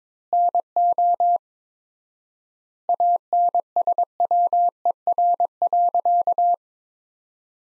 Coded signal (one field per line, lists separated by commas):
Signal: Morse code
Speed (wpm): 22 wpm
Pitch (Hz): 700 Hz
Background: none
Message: NO ANSWER.